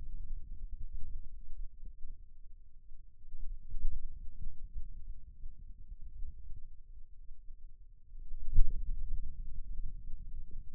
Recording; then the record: forearm muscle sounds (acoustic myography)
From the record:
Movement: pen grasping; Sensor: system 2, bracelet of six BSWA MPA416 microphones around the upper forearm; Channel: 2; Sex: male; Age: 22 years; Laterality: right